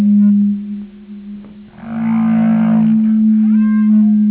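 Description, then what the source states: Whale moan, rich in harmonics and held about a second, followed by a brief rising call, over a continuous low droning tone. Whale sonar.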